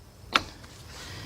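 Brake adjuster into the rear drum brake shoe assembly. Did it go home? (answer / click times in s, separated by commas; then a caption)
yes / 0.4 s. A rear drum brake adjuster, a metal strut and spring assembly on a 1993 Nissan Altima 2.4, is fitted between the brake shoes. A sharp, loud metallic snap at 0.4 s shows it seating into place, followed by quiet background noise.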